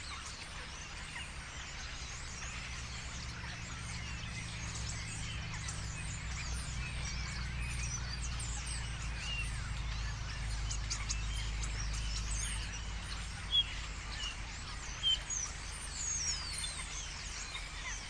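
A huge flock of starlings chatters nonstop in the morning, a dense mass of squeaks, whistles and clicks filling the whole stretch. A steady low rumble, like traffic, runs underneath, and two sharp louder calls stand out near 13 and 15 seconds.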